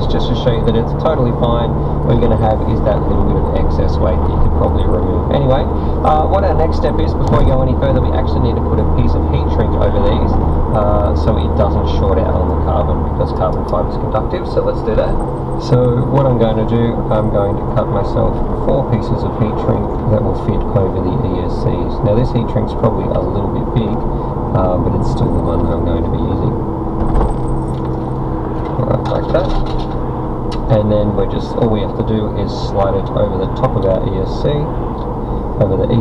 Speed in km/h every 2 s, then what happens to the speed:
69, 69, 74, 76, 77, 77, 69, 63, 63, 64, 66, 66, 64, 63, 63, 60, 60, 60.
0-10 speeds up to 77. 10-15 slows to 63. 15-23 steady at about 64. 23-29 slows to 60. 29-36 steady at about 60.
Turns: none.